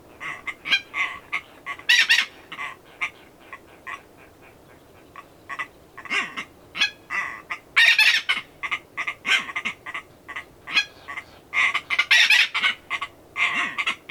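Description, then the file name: Red-billed tropicbirds uttering dense overlapping shrill, rattling screams, a busy chorus of raspy calls with a lull of about two seconds some four seconds in. "phaethon aethereus"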